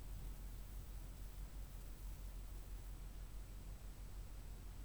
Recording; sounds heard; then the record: poultry house recording; no chicken sound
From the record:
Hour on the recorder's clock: 10